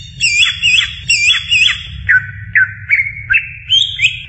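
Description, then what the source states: Greater green leafbird song: looping whistled phrases repeated twice, then a series of clear slurred notes rising and dropping in pitch, with a soft low rumble beneath. Champion bird; song.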